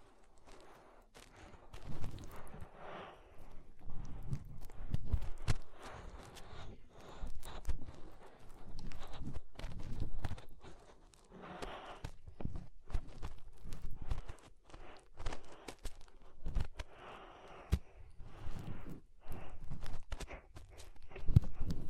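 Fingers rubbing and cleaning inside the ear make a dense, muffled scratching and rustling, with many sharp clicks and pops. The rubbing comes in uneven bursts that swell and fade every couple of seconds, with low thumps underneath, growing busier toward the end.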